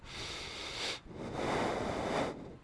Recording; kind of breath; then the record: one breath in and out by a microphone near the nose and mouth; deep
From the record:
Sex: male